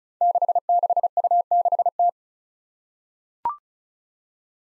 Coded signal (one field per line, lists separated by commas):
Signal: Morse code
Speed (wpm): 36 wpm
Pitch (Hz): 700 Hz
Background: none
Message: 66U6T